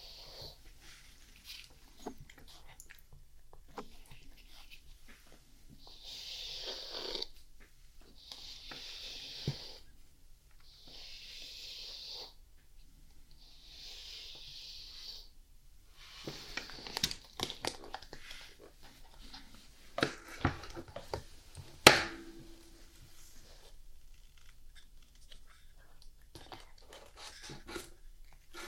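Someone brushes a cat named Lenny, the strokes coming as soft, bright swishes about every two seconds, evenly spaced through the middle stretch. Toward the end the strokes give way to scattered clicks, rustles and thumps, with one sharp knock a little past twenty seconds.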